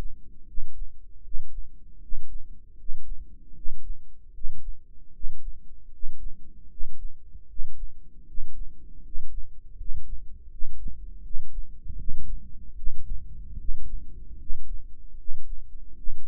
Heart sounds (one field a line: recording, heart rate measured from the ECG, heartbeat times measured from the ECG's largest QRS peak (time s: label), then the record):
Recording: heart sounds by microphone in the right ear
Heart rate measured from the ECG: 77 bpm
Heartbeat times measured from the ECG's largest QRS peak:
0.46 s: heartbeat
1.22 s: heartbeat
2.00 s: heartbeat
2.76 s: heartbeat
3.54 s: heartbeat
4.32 s: heartbeat
5.12 s: heartbeat
5.90 s: heartbeat
6.69 s: heartbeat
7.47 s: heartbeat
8.25 s: heartbeat
9.02 s: heartbeat
9.76 s: heartbeat
10.49 s: heartbeat
11.22 s: heartbeat
11.97 s: heartbeat
12.75 s: heartbeat
13.57 s: heartbeat
14.37 s: heartbeat
15.16 s: heartbeat
15.95 s: heartbeat
From the record:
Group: healthy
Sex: male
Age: 35 years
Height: 180 cm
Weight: 86.9 kg